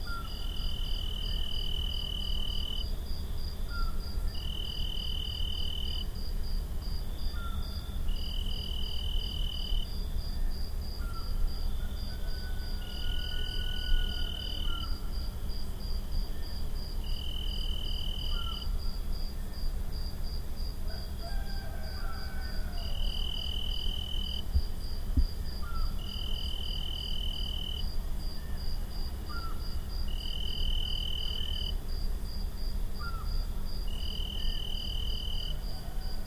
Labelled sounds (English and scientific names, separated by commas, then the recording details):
Eurasian Scops Owl (Otus scops)
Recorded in the wild
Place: Vasilikos, Zakynthos, Ionien Islands, GR
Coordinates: 37.7175, 20.9817
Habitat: olive grove
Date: 2012-07-02
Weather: 25°C, clear, almost windless
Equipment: Sound Devices 702, Sennheiser MKH 415 T, Rhode Windschutz
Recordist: Frommolt, Karl-Heinz